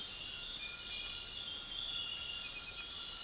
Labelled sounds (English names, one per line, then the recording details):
none
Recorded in dense forest near Puerto Asís, Putumayo, Colombia, on 21 March 2025 at 04:30
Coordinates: 0.484, -76.317
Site G064